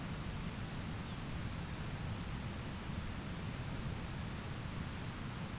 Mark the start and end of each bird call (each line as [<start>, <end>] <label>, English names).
[0.93, 1.23] Snow Bunting